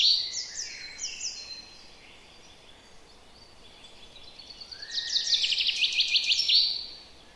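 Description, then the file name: Common chaffinch song: a descending series of rapid high notes, then a second trilled phrase, over steady hissing background noise. "Fringilla coelebs"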